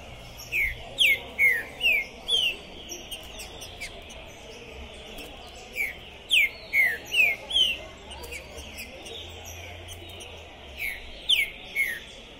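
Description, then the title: Green-winged saltator song: short bursts of several clear, downslurred whistles, each burst repeated after a few seconds' pause, over a steady background hiss with faint high clicks. Captive trinca-ferro warming up before a singing contest at the tournament entrance, calling, singing and 'macheando' (challenge singing); 'pistoleiro', 2021. "ESQUENTAR Seu TRINCA Piando, Cantando E Macheando Na DISPUTA. TRINCA FERRO PORTA do TORNEIO Trinca Ferro Pistoleiro 2021"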